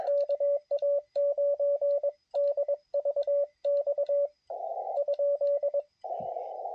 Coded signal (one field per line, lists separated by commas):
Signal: Morse code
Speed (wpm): 21 wpm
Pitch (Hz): 560 Hz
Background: radio noise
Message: KA9DVX ?